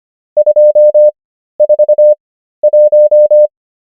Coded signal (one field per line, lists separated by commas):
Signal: Morse code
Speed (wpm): 25 wpm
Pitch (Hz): 600 Hz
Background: none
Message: 241